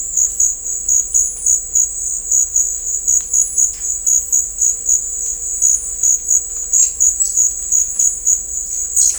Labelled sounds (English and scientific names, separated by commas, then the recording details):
none
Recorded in dense forest near Puerto Asís, Putumayo, Colombia, on 21 December 2024 at 16:30
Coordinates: 0.500, -76.322
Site G053